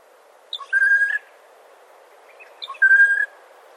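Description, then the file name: Unidentified bird calling twice, each a sharp note followed by a steady whistled tone near mid pitch lasting about half a second, about two seconds apart. Recorded 2011-04-21; species not identified. "2011 04 21 Mystery Bird"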